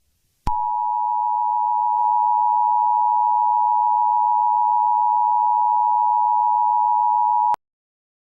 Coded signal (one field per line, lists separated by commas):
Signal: Emergency Alert System (SAME) tones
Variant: 853 and 960 Hz attention tone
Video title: EAS ALERT : CITYWIDE FEAR GAS ATTACK (Lego Batman Graves Upon Gotham - The Final Chapter Teaser)